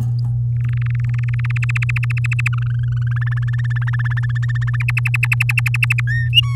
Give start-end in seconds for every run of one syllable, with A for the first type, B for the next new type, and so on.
0.56-1.46 A, 1.50-2.48 B, 2.53-4.32 C, 4.35-4.76 D, 4.80-6.00 E, 6.07-6.28 F, 6.33-6.56 G